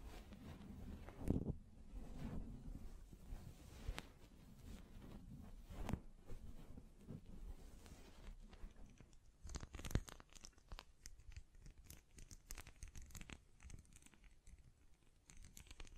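Hand sounds of tapping, scratching and brushing against a microphone, with dense low rubbing for the first half and loud thumps near 1, 4, 6 and 10 seconds. After about 9 seconds the sound turns brighter and sparser, with quick scratchy taps and crinkly clicks.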